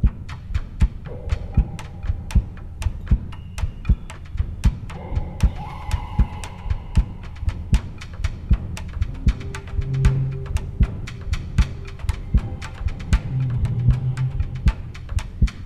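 Sharp, regular, staccato beats stand out clearly over a low background hum, each one crisp and forceful: a strong, plainly audible heartbeat in an adult woman after aortic surgery. She feels each beat physically, like a rubber mallet banging on the inside of her sternum.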